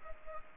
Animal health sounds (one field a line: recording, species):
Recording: mosquito wingbeat signal from an infrared sensor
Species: Culex pipiens